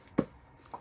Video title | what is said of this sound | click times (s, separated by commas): Woodturning a Yew lidded pot with a resin & Burr inlay cast by Jennifer Straughton | oh do you hear that pop | 0.2 s